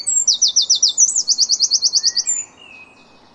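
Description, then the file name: Eurasian wren song: a rapid, even trill of many high notes, broken by a short rising note, then a faint lower note trailing off. "Troglodytes troglodytes"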